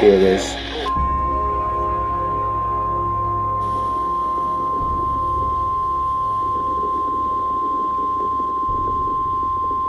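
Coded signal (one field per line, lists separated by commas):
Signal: Emergency Alert System (SAME) tones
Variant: 1050 Hz attention tone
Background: speech, music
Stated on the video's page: Fictional Emergency Alert scenario for a tornado.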